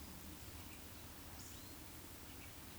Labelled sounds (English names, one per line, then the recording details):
Eurasian Woodcock whistle
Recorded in Baden-Württemberg, Germany, on 16 June 2021 at 19:58 UTC
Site 20675, 466 m above sea level